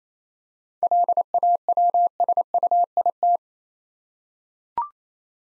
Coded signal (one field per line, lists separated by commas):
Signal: Morse code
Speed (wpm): 28 wpm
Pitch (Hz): 700 Hz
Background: none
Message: LAWSUIT